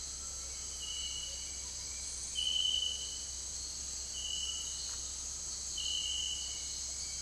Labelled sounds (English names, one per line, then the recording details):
none
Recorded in secondary vegetation near Puerto Asís, Putumayo, Colombia, on 18 February 2024 at 17:30
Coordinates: 0.481, -76.323
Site G6376